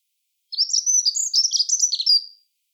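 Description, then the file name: Dunnock song, one rapid, high, jangling warble of tightly packed notes lasting about two seconds, with no other sounds. "chant accenteur mouchet"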